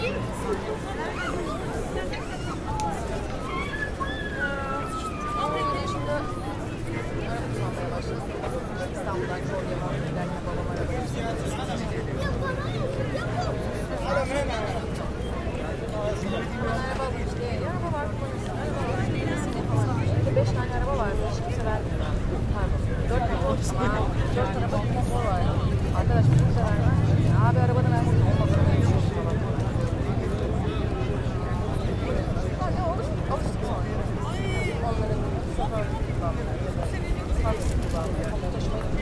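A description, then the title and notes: Ambient sound of Taksim Square in Istanbul, with a dense, steady murmur of many voices talking over one another. A low hum of traffic runs underneath throughout, swelling slightly louder in the middle and near the end. Ambient sound of Taksim Square, Istanbul. Recorded with Zoom H6, using Mid-Side Mic.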